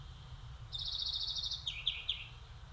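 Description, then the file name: European greenfinch call: a fast, steady trill that drops into a couple of lower, slurred twittering notes, heard against a continuous low-pitched rumble. "Chloris chloris"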